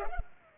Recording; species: mosquito wingbeat signal from an infrared sensor; Culex pipiens